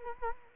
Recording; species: mosquito wingbeat signal from an infrared sensor; Culex quinquefasciatus